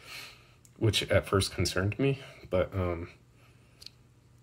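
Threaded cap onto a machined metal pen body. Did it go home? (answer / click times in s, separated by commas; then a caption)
yes / 3.9 s. Someone talks while the threaded metal cap of a machined pen, which has no o-ring, is brought down onto the pen body, likened to wringing gauge blocks together. After the talking stops, a short, sharp click sounds at 3.9 s as the cap closes and seats.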